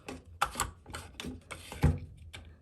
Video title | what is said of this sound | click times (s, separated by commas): Eliminate Mold and Mildew: Washing Machine Cleaning Tips #hack #diy #washingmachinerepair | और यह आमतौर पर बस अंदर की ओर खिसक जाता है और फिर कुछ इस तरह का हो जाता है क्लिक करता है | 0.4 s, 1.2 s